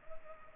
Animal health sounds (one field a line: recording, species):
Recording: mosquito wingbeat signal from an infrared sensor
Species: Culex pipiens